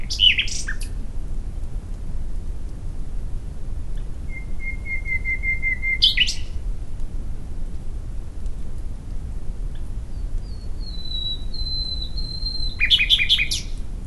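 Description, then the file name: Common nightingale song with sharp varied bursts, a row of soft repeated whistles, a long drawn-out whistled note, then rapid rich phrases; low background hum. "Luscinia megarhynchos"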